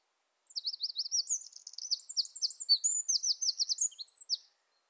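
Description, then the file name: Eurasian wren belting out a high, rapid song of ringing trills and sharp, repeated notes, running continuously for about four seconds before stopping abruptly. "Troglodytes troglodytes"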